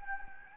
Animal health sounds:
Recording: mosquito wingbeat signal from an infrared sensor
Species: Anopheles gambiae

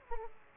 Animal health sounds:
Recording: mosquito wingbeat signal from an infrared sensor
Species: Aedes aegypti

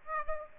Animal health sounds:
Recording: mosquito wingbeat signal from an infrared sensor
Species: Aedes aegypti

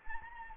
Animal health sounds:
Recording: mosquito wingbeat signal from an infrared sensor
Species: Anopheles gambiae

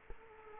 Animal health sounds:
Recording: mosquito wingbeat signal from an infrared sensor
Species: Culex quinquefasciatus

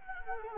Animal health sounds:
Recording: mosquito wingbeat signal from an infrared sensor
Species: Anopheles gambiae

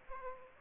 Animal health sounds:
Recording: mosquito wingbeat signal from an infrared sensor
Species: Aedes aegypti

